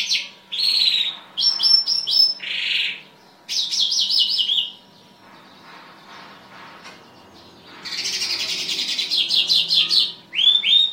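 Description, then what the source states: Bimaculated lark song of varied chirps and trills, bursts separated by a pause midway, then a dense buzzy twittering stretch; a faint steady hum runs underneath. Recorded in Afghanistan.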